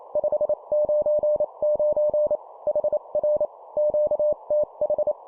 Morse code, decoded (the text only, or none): 599 HR QTH